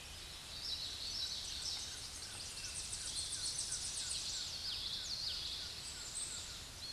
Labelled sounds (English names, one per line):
Common Yellowthroat song